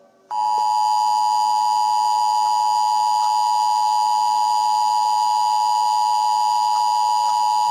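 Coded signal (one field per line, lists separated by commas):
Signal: Emergency Alert System (SAME) tones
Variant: 853 and 960 Hz attention tone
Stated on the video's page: Fictional EAS scenario about an eggdog invasion, not a real alert.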